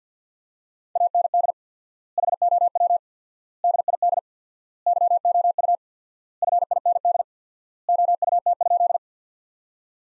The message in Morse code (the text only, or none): AND HOW DID YOU FIND OUT?